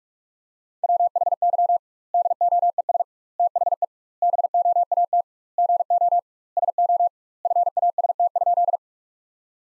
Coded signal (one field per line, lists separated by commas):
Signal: Morse code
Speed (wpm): 46 wpm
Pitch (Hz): 700 Hz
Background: none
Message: WHY DOES THE BOAT GO SO FAST?